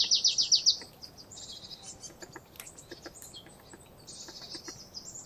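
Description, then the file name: Marsh tit calling: a fast run of several sharp, high descending notes at the start, followed by softer scattered high chirps over faint background hiss. "Poecile palustris"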